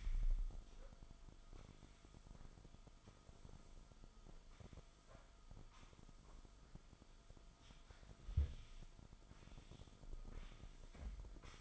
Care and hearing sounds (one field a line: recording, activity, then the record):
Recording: daily activity, microphone in the room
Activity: sweep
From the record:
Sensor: 5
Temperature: 24.0 degrees Celsius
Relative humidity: 36.6%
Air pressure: 1004.8 hPa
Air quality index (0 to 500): 95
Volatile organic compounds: 2 ppm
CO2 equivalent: 1146 ppm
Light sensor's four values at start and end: 34/81/32/31 and 34/80/32/31